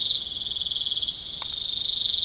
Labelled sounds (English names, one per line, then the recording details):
none
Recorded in pastures near Puerto Asís, Putumayo, Colombia, on 27 June 2025 at 00:30
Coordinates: 0.497, -76.327
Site G040